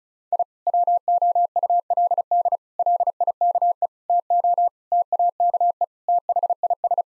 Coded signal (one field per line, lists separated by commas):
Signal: Morse code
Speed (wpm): 34 wpm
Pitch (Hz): 700 Hz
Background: none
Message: I WOULD LIKE TO TAKE THIS